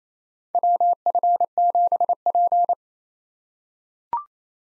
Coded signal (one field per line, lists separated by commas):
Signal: Morse code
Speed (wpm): 28 wpm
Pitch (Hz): 700 Hz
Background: none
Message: WF7P